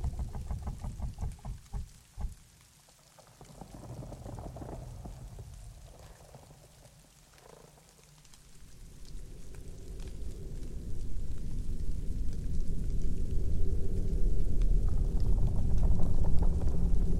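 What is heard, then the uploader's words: Dark winter forest ambience with a low, rumbling bed that drops off after about two seconds and stays quiet and hollow until around eight. From there a deep droning swell builds steadily louder through the end, with faint scattered ticks above it. Dark winter forest ambience. Deep in a dark winter forest surrounded by tall trees, the naked branches extend like creepy hands against the falling snowflakes. You can hear sound of howling wind, creaking groaning trees.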